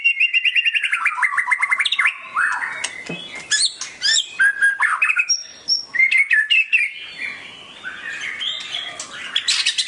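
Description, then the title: Oriental magpie-robin song opening with a rapid stuttering trill, then mixed whistles, sharp clicks and chatter, varied and continuous. "Kicau Kacer"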